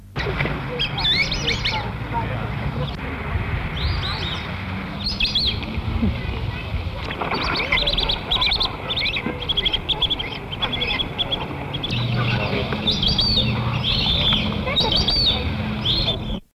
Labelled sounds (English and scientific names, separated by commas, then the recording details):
Brazilian Teal (Amazonetta brasiliensis) call
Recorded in captivity
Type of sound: call
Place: Tierpark Hagenbeck, Hamburg, DE
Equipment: Halbspur, 9,5 cm/s
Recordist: Lütgens, Hans
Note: Rufe